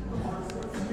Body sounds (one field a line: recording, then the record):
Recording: background sound without coughing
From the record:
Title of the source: 60 minutes of coffee shop sounds for study and concentration